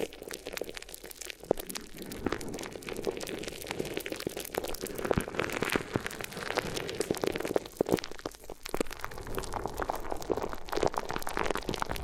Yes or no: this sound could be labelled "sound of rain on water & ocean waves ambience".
no